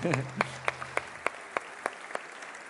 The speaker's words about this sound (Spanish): ¿Ya? Gracias. Un aplauso para allá, por favor.